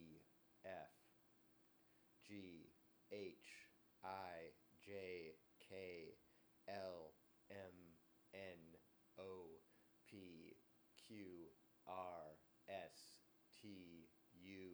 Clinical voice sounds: letters of the alphabet, spoken; free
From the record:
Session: seven days later

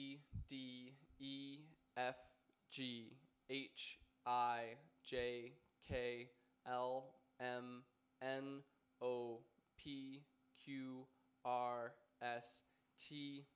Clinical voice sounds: letters of the alphabet, spoken; free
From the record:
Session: first day, before the bite bar

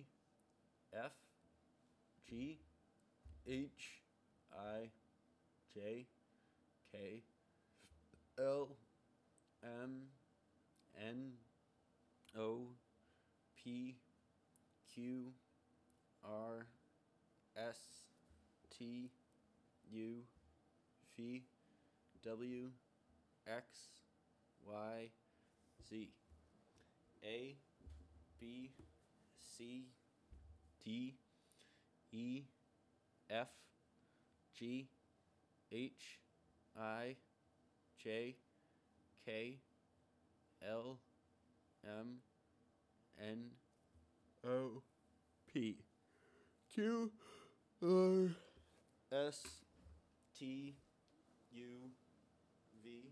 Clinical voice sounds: letters of the alphabet, spoken; free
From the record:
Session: seven days later

